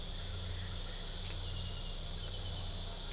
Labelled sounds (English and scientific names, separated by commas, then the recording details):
none
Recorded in pastures near Puerto Asís, Putumayo, Colombia, on 22 December 2024 at 19:30
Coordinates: 0.497, -76.327
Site G088